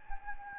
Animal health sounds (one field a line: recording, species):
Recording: mosquito wingbeat signal from an infrared sensor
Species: Anopheles gambiae